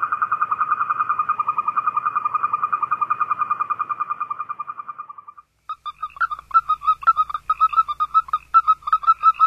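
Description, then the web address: Western toad giving a fast pulsed trill that fades and stops, then after a brief gap a slower series of louder, separate chirping pulses. North America. "Songs of Frogs Toads of North America. Western Toad"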